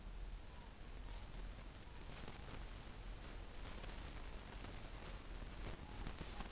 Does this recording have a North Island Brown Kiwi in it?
no